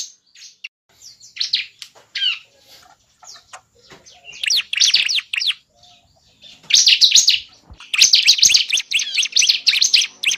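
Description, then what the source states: Lovebird chirping calls, scattered sharp chirps at first, then dense shrill chattering bursts growing louder and more continuous toward the end. Lure sound used to attract lovebirds.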